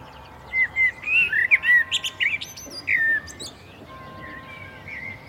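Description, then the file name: Common blackbird song phrase of mellow whistled notes rising into thin, scratchy high twitters, followed by quieter warbling and a faint steady tone. "Turdus merula"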